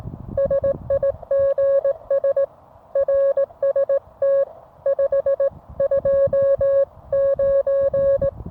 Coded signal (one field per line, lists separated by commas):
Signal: Morse code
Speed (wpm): 17 wpm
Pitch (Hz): 550 Hz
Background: music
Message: SIGS RST 529